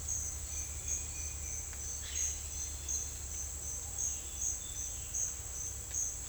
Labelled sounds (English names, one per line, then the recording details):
none
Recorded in dense forest near Puerto Asís, Putumayo, Colombia, on 26 December 2024 at 07:30
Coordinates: 0.485, -76.318
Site GP03